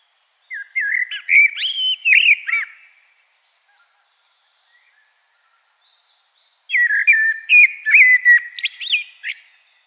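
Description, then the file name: Common blackbird song: a fluty warbled phrase ending in high squeaky twitters, repeated after a pause of about four seconds, with faint high calls between. "Turdus merula"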